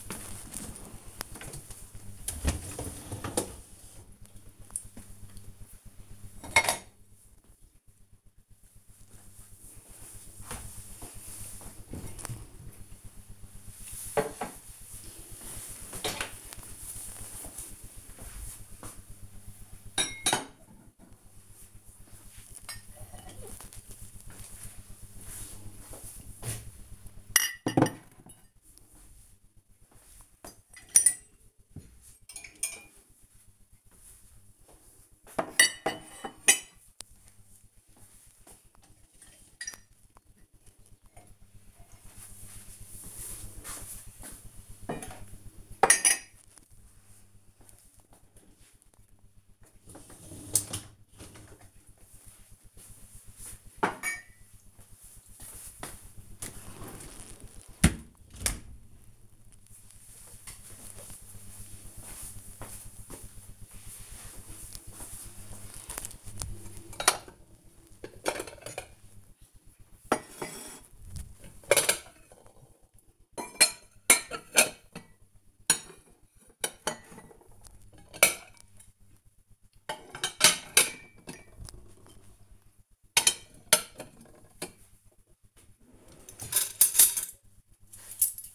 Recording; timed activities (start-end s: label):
household activities, microphone on the right wrist
0.00-57.64 s: cleaning out the dishwasher
65.69-88.55 s: putting away the dishes